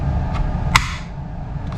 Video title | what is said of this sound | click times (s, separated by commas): The @Tulster Profile+ is hands down the best carry holster I’ve bought. | But if you can hear this little click, you know that is good retention. | 0.8 s